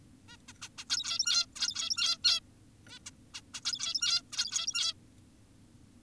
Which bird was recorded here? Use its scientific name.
Taeniopygia guttata